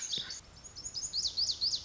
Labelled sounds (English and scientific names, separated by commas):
Lazuli Bunting (Passerina amoena)